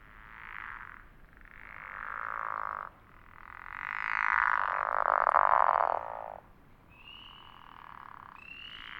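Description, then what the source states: Pickerel frogs giving snoring croaks in close succession, some long and drawn out, with thin high chirps near the end. Several pickerel frogs recorded at Elliott Mountain in 2006.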